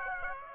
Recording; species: mosquito wingbeat signal from an infrared sensor; Aedes aegypti